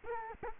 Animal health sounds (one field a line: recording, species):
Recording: mosquito wingbeat signal from an infrared sensor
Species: Culex quinquefasciatus